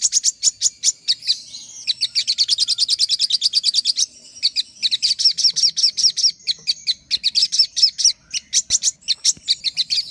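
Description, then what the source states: Little spiderhunter singing a fast run of high, sharp chip notes, merging into rapid chattering trills with short gaps between bursts. Master recording used for training cage birds.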